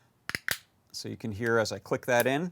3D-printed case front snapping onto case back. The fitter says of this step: you can hear as i click that in if you get your printer settings right there you go you get that nice satisfying click and snap and then that's not going anywhere that's that's in really really well